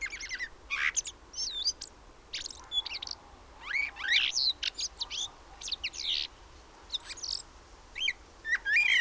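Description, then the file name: Common blackbird giving squeaky, high chirps and twittery phrases in uneven groups. "Turdus merula"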